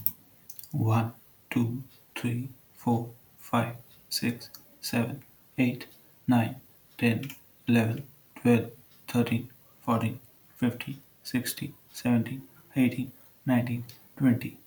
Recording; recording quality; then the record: counting at a normal pace; excellent, no background noise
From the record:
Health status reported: healthy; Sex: male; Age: 24 years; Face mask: not worn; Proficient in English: yes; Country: India